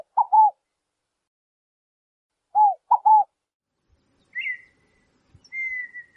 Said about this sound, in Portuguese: O primeiro canto é do perdigão. Cada vez mais raro, ele adora locais de pastagens e vegetações rasteiras. Também é chamado de perdiz e seu canto é inigualável.